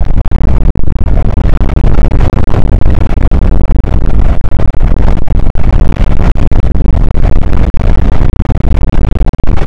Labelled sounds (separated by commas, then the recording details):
wind
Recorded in the Prudhoe Bay oil fields, Alaska, on 8 May 2019 at 00:03
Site 24